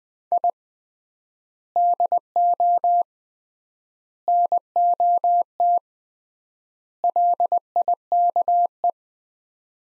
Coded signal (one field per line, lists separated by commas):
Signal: Morse code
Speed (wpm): 20 wpm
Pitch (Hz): 700 Hz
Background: none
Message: I DO NOT LIKE